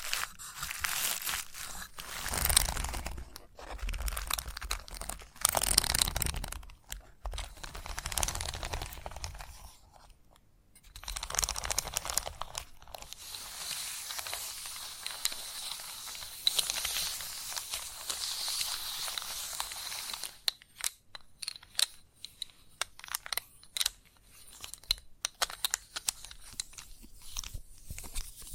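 Chalk scratches, taps and carves in irregular bursts, with bright gritty scraping strokes that come and go through the first half and a quiet gap near ten seconds. After about twenty seconds the sound turns into short, rapid clicks and taps with little pause between them.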